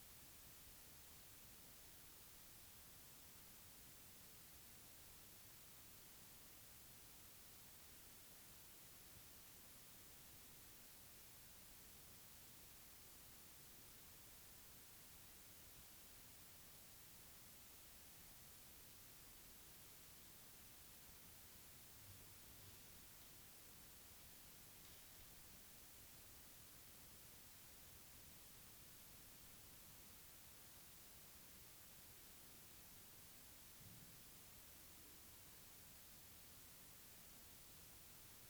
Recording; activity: daily activity, guitar pickup as the sensor; sit